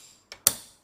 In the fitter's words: again with for a little click